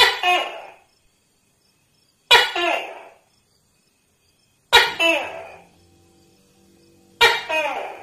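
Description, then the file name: Tokay gecko barking in two-syllable calls, four in a row at intervals of about two and a half seconds, with a faint low hum after the third. "tieng tac ke keu"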